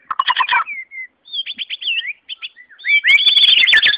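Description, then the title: White-rumped shama singing quick whistled and chattering phrases, then a dense buzzy trill with sharp clicks toward the end. "murai batu"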